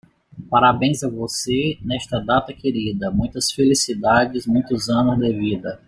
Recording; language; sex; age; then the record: short text; Brazilian Portuguese; male; 40 to 49 years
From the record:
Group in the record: control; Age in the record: 49 years